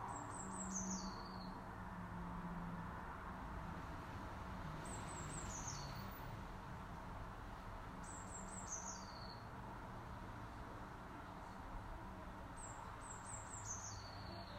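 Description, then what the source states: Eurasian blue tit calls, four high thin phrases that step down in pitch and end on a lower note, repeated every few seconds over low background hum. Call type 2.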